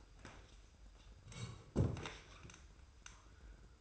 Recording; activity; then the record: daily activity, microphone in the room; sit down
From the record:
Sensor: 2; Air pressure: 990.3 hPa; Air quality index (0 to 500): 180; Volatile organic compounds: 1000 ppm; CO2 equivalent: 5718 ppm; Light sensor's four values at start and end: 31/69/29/29 and 29/68/28/28